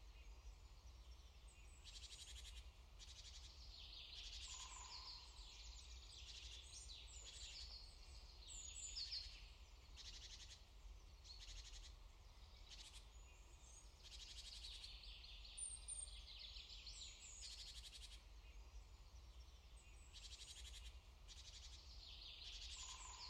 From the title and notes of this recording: Morning Birds. Here you can hear the birds chirping for an hour in the early morning.